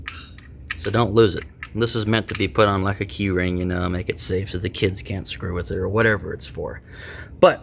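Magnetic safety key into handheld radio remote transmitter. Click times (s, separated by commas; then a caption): 0.1 s. A small magnetic safety key, a straight metal bar that bridges the contacts, is pushed back into its slot on a 6-channel Chinese machinery handheld radio remote transmitter. It snaps in with a sharp click at 0.1 s and seats. Someone then talks for the rest of the clip.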